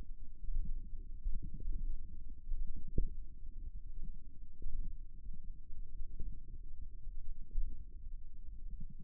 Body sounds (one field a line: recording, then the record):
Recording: forearm muscle sounds (acoustic myography)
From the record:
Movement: hand opening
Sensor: system 1, eight BSWA MPA416 microphones around the upper forearm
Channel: 8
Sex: female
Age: 21 years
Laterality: right